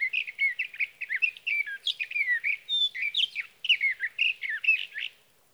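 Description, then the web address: Sage thrasher singing a continuous jumbled warble of quick whistled phrases and slurred notes, steady and unbroken for over five seconds. "birdsongforthecurious Sage Thrasher"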